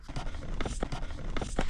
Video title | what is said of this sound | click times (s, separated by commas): How to Install a Mangoal 4K OEM Style Front & Rear Cam (2021-2024 Toyota Camry) | So now it's snap in place. | 0.6 s, 1.4 s